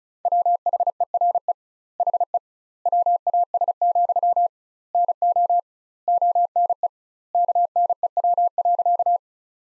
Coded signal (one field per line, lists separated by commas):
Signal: Morse code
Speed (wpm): 34 wpm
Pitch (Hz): 700 Hz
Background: none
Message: WHERE HE WAS, NO ONE KNEW.